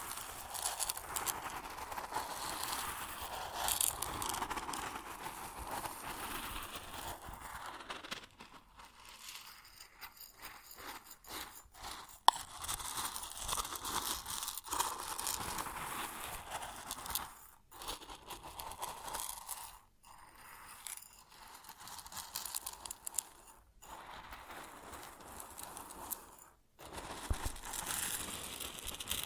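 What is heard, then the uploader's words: Grain shifting and pouring in a dense, rustling hiss that runs steadily through the first eight seconds. After that the sound turns patchy, with bursts of trickling grain broken by brief silences near 17, 20, 24 and 27 seconds. ASMR Grain Sounds (No Talking).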